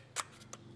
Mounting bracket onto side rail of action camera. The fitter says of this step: so slides on locks in place